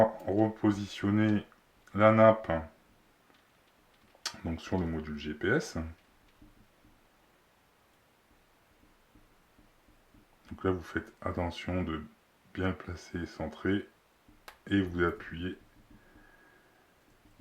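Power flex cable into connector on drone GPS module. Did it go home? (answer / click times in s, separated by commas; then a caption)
no / none. Someone talks while the power flex cable of a Mavic Mini drone is positioned and centred over its board connector on the GPS module, ready to be pressed in. Between the speech there are only quiet stretches with faint handling sounds. Nothing has seated or clicked yet.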